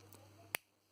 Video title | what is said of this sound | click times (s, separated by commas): Jinhao X450 Review - Is this cheap fountain pen any good? | Right, there we go. Clicks into place quite loudly. | 0.5 s